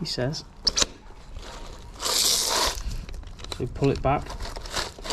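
Someone talks while the chuck sleeve of a Bosch SDS Max rotary hammer is pulled back and an SDS Max chisel bit is handled toward the chuck, with a sharp knock at 0.7 s and a broadband scraping rustle from about 2.0 to 2.8 s. Nothing has seated or clicked yet; the bit is not yet locked in the chuck when the clip ends.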